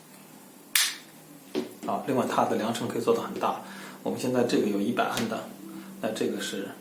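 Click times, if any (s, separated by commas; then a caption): 0.8 s. The jaw of an AC20A clamp-on current probe for a LOTO oscilloscope is clipped around a wire and snaps shut with a single sharp click at 0.8 s. A fainter tap follows at 1.6 s, and then someone talks. The jaw is closed and seated around the wire.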